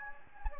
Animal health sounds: mosquito wingbeat signal from an infrared sensor; Anopheles gambiae

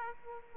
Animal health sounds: mosquito wingbeat signal from an infrared sensor; Aedes aegypti

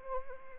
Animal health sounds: mosquito wingbeat signal from an infrared sensor; Anopheles arabiensis

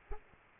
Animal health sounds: mosquito wingbeat signal from an infrared sensor; Aedes aegypti

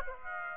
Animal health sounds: mosquito wingbeat signal from an infrared sensor; Aedes aegypti

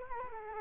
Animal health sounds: mosquito wingbeat signal from an infrared sensor; Culex quinquefasciatus

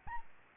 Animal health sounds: mosquito wingbeat signal from an infrared sensor; Aedes albopictus

